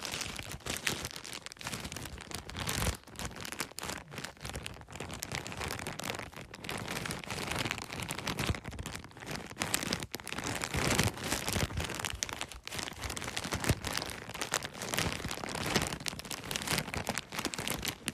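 A bag is crinkled and crumpled continuously, producing a dense stream of sharp, bright crackles with no real pauses. The handling surges and eases irregularly throughout, like rustling plastic.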